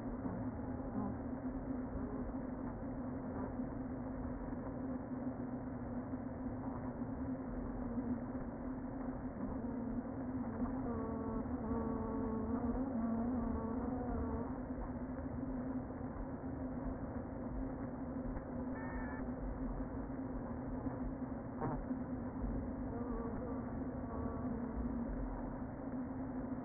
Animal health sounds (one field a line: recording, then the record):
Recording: honeybee colony, microphone inside the hive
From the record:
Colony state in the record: queen present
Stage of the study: before two queens were removed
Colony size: about 60,000 bees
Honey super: yes